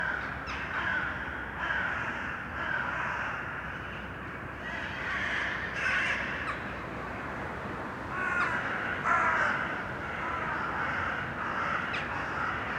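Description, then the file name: Crows cawing, irregular harsh caws over a steady background hiss. Crows recorded in an urban setting. "Detunized - Urban Crows"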